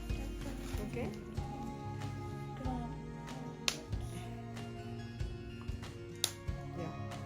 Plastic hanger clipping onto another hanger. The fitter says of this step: ഭയങ്കര ഈസി ആയിട്ട് നമുക്ക് ഇതിങ്ങനെ ക്ലിക്ക് ചെയ്യാം കേട്ടോ.